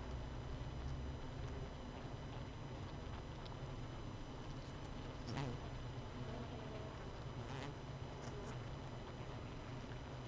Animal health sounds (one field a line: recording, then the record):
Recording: honeybee colony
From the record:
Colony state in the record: missing queen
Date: 31 May 2018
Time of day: 18:23